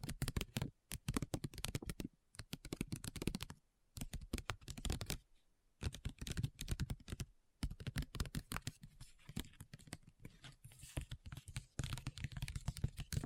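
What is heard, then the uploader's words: Tapping: quick, dense runs of sharp clicks like fingers on a keyboard, arriving in bursts with brief pauses near 0.7, 2, 4, 5, and 7.5 seconds. The taps are crisp and bright with a soft low thud, and later stretches grow busier and more continuous. ASMR Addictive Tapping. (No Talking).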